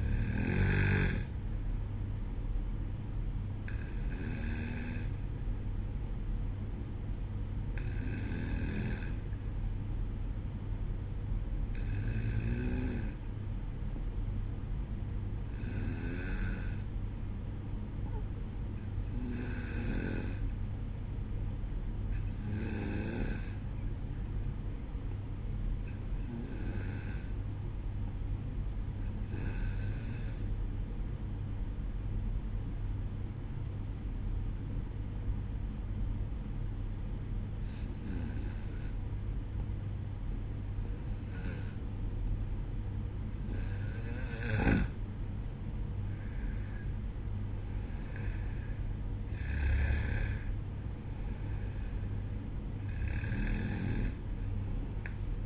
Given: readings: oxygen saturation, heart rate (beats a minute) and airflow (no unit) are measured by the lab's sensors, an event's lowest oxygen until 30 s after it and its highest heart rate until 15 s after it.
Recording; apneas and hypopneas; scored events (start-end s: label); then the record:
breathing in sleep by a smartphone at the bedside; 1
12.00-42.70 s: hypopnea (N2, oxygen 95% highest, then 91% lowest, heart rate 63 at the start, 68 highest)
From the record:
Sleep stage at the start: N2 (light sleep); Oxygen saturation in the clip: 91 to 95%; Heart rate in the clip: 63 to 68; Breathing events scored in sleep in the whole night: 305 in 9.6 hours asleep